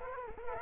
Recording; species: mosquito wingbeat signal from an infrared sensor; Culex quinquefasciatus